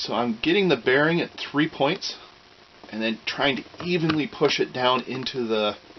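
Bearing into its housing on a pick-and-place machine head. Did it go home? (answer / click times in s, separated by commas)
no / none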